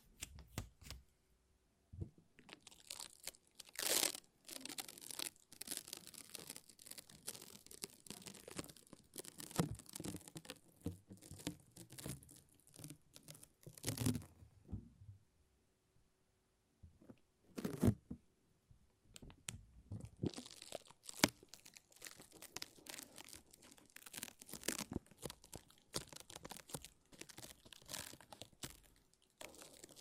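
Lint roller and tape sounds: dense bursts of sticky crackling and peeling rasps, each strip tearing with a bright, crisp snap. The activity runs in clusters, with short quiet gaps near 15 and 19 seconds, and sharp louder pulls around 4, 14 and 18 seconds.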